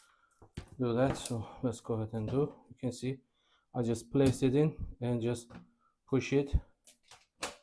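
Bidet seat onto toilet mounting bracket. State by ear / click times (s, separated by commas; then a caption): seated / 7.4 s. A plastic BRAVAT bidet toilet seat is placed onto its mounting plate on the toilet and pushed into place while someone talks. A sharp click sounds at 7.4 s as the seat snaps onto the mounting bracket and sits flush.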